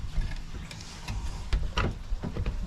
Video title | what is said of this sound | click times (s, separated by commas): Apollo Underwater Scooter Maintenance Guide | it you can feel it click into place and and and the indents the the little tabs will | 1.8 s